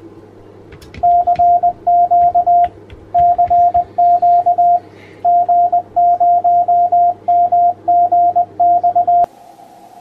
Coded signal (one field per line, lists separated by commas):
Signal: Morse code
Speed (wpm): 20 wpm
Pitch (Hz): 700 Hz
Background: radio noise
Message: CQ CQ G0MGX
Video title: TS-890 Split Ops, RTTY, and IF Shift explained